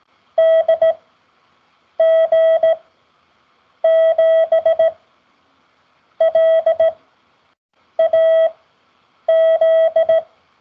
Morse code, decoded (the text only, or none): DG7LAZ